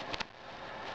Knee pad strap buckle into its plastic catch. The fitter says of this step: that locks into place